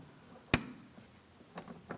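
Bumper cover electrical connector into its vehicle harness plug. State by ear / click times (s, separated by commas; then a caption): seated / 0.5 s. On a 2007-2014 Ford Edge, the bumper cover's electrical connector on the inboard side of the front bumper cover is lined up and pressed into its vehicle harness plug. It locks in with a sharp, bright click at 0.5 s, followed by a few faint soft taps near 1.6 s and 1.9 s. The connector is seated.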